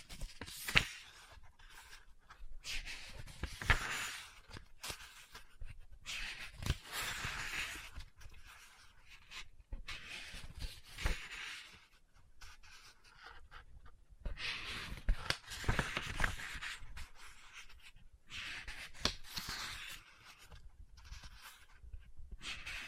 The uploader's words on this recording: ASMR Book Tapping, Scratching, Page Turning(No Talking).